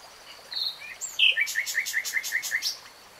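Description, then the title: Nightingale phrase: a few short notes, then a rhythmic series of several evenly spaced chirping notes. Singing, in a 3-hour real-time recording. "[Tiếng chim hót] Nightingale Singing"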